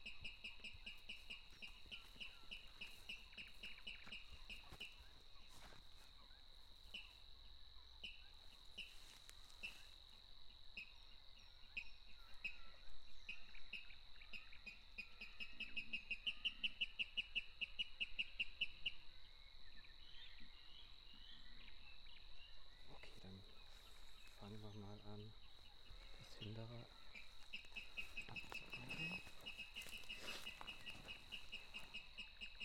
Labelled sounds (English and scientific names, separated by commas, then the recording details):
Water Rail (Rallus aquaticus) song
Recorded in the wild
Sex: male
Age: adult
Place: Kützerhof, Kummerower See, Mecklenburg-Vorpommern, DE
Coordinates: 53.8552, 12.8865
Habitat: wetland
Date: 2010-04-27 23:34
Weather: 8°C, 80% humidity, almost windless
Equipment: Edirol R4, Microtech Gefell MK 250/MV220
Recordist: Giermann, Anita and Frommolt, Karl-Heinz